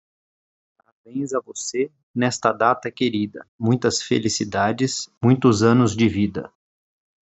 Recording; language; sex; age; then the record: short text; Brazilian Portuguese; male; 40 to 49 years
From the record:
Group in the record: control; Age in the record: 44 years